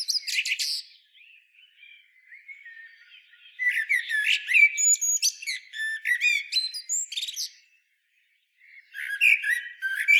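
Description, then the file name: Common blackbird singing: soft warbled whistles and squeaky, scratchy high twitters, with a pause before a final burst. "Turdus merula"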